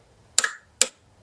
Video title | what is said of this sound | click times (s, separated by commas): DODGE CHALLENGER CHARGER 3,6 OIL CHANGE 2014 2015 2016 2017 2018 2019 2020 2021 2022 2023 2024 | make sure you don't cross thread it as well once you hear the click from the to Cen stop listen now | 0.4 s, 0.8 s